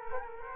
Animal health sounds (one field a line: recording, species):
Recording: mosquito wingbeat signal from an infrared sensor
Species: Culex quinquefasciatus